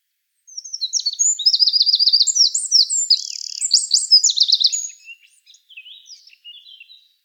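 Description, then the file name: Eurasian wren song: shrill rapid notes, a quick trill and a buzzy middle section, running over four seconds, then faint trailing notes. "Troglodytes troglodytes"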